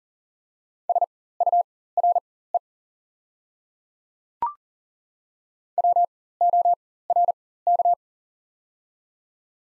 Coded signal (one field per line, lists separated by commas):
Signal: Morse code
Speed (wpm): 40 wpm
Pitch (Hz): 700 Hz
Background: none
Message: SURE WORK